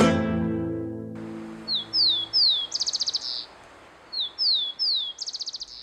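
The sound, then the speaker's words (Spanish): A rufous-collared sparrow (chincol), a bird about 15 cm long, brown with dark streaks and a pale belly, sings its song twice: a few high, clear slurred whistles followed by a quick buzzy trill, over a steady soft hiss after a brief fading musical chord at the start. “Chincol. Alcanza unos 15 centímetros de longitud y es de color café con estrías oscuras, el vientre de color claro.”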